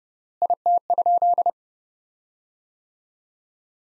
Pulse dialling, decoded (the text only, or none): none